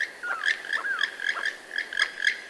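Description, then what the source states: Keel-billed Toucan croaking in a rapid series of rasping frog-like notes, with a couple of slurred sliding calls mixed in. Lives in groups of 6 to 30 birds in tropical jungle from southern Mexico to Venezuela; feeds mostly on fruits; hops between branches rather than flying much.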